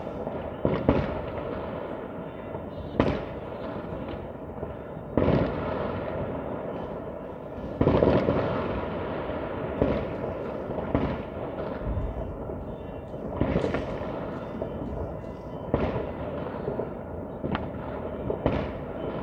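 New Year's Eve fireworks: sharp bangs and crackling bursts go off every second or two across the clip, some heavier thuds among them, with louder peaks near 3, 8 and 13 seconds. Underneath runs a steady, dense rumble of more far-off explosions.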